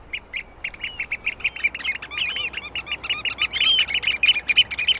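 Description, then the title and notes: Eurasian oystercatcher piping calls, sharp high notes in a rapid, uneven series, several calls overlapping. Call described as shrill; birds fly with bill open, calling loudly. "Viikon luontoääni: Meriharakka. Juha Laaksonen"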